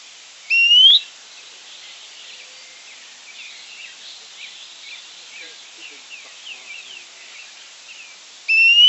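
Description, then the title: Fuscous Flycatcher calls: two loud, upslurred whistled notes about eight seconds apart, with soft chirps and twitters between them. "LuckyPassaro Completos2Sama. Fuscous Flycatcher (Cnemotriccus fuscatus)"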